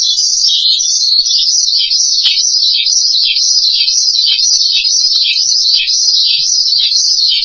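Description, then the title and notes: Starling song, continuous and high-pitched, a busy stream of twittering, wavering notes with slight dips, steady in loudness throughout. "suara burung jalak"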